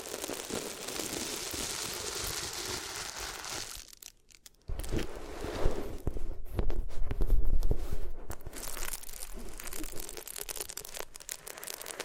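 Materials are rubbed against the ears, starting with a steady, bright, hissing scrape for about four seconds. A brief near-silent gap follows, then a rougher, louder rubbing with crinkly, crumpling textures and frequent scratchy bursts carrying on to the end.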